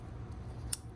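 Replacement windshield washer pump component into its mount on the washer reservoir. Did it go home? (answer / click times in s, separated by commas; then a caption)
yes / 0.7 s. A new replacement windshield washer pump component for an Audi is pressed into its mount on the washer reservoir against a low, steady background rumble. A single sharp, bright click rings out at 0.7 s as the part snaps into place and is seated.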